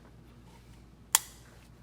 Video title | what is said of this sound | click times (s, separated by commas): Cross Armory Glock DOUBLE STACK Install Video | I'll just go ahead and push it till it clicks now you've got two magazines well attached | 1.1 s